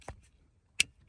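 The second plastic wiring harness connector is pushed by one hand into the trailer brake controller on a 2015 Toyota Tundra with dash. After a faint low bump near the start, a sharp, bright click sounds at 0.8 s as the connector snaps in and seats.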